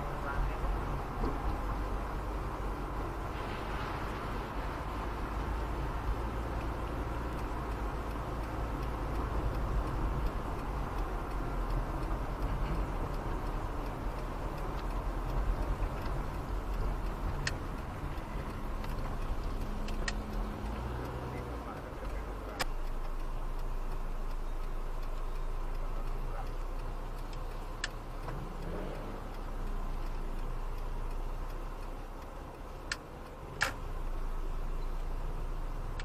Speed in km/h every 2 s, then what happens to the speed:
76, 75, 75, 69, 65, 61, 58, 57, 62, 65, 67, 70, 72, 74, 75, 77, 78, 79.
0-5 steady at about 75. 5-11 slows to 58. 14-36 speeds up to 79.